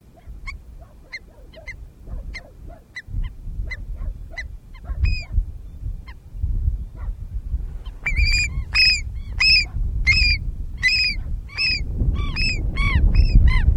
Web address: cantos gavioandina